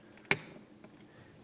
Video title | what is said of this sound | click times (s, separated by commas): Progrmmablethermostatwlogo | here with digital readout that actually snaps in place and then | 0.3 s